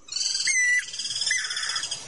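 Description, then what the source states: Guira Cuckoo calls: harsh, high, noisy notes mixed with two drawn-out whistles. Locally called cucús or guira guira; said to be the best known; people sometimes know it by its sound without identifying it.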